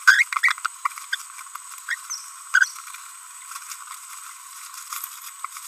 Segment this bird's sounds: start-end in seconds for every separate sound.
0.07-0.23, 0.43-0.52, 1.13-1.15, 1.89-1.94, 2.54-2.68